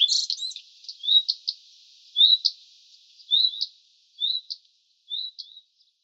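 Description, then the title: Common redstart calls, high thin chirps and short rising notes given in small clusters roughly once a second, with a busier burst at the start. Juvenile bird. "Sylvain Jaskowiak - Mes piafs. Rougequeue à front blanc juvénile"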